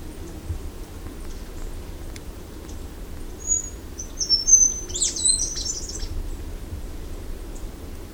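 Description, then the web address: Scaled flowerpiercer song: one brief phrase of thin high whistles and a fast squeaky twitter in the middle, otherwise low background hum. "sound Scaled-flowerpiercer. دانلود-صدای-پرنده-گل-شکاف-پولکدار"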